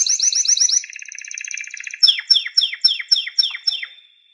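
Canary song: a fast buzzy trill gives way to a series of about eight loud descending sweeps, evenly spaced.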